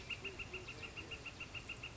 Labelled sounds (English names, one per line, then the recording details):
Northern Flicker
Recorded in Sonoma County, California